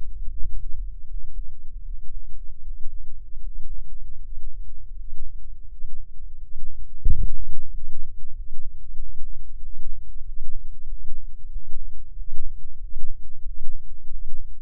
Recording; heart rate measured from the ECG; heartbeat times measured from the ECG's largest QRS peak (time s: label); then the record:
heart sounds by microphone in the left ear; 87 bpm
0.32 s: heartbeat
1.06 s: heartbeat
1.83 s: heartbeat
2.59 s: heartbeat
3.38 s: heartbeat
4.16 s: heartbeat
4.91 s: heartbeat
5.64 s: heartbeat
6.34 s: heartbeat
7.02 s: heartbeat
7.67 s: heartbeat
8.31 s: heartbeat
8.94 s: heartbeat
9.58 s: heartbeat
10.21 s: heartbeat
10.84 s: heartbeat
11.47 s: heartbeat
12.12 s: heartbeat
12.76 s: heartbeat
13.41 s: heartbeat
14.06 s: heartbeat
From the record:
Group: healthy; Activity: breath hold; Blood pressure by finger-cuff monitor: 93/67 mmHg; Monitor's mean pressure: 74 mmHg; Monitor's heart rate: 92 bpm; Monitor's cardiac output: 7.4 L/min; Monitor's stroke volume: 85 mL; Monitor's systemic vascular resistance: 670 dyn s/cm5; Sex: male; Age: 23 years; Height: 178 cm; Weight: 96.6 kg